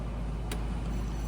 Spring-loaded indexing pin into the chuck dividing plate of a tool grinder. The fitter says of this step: ठीक है? ये ब्लू पॉइंट आया। लॉक हो गया। बाहर निकालो।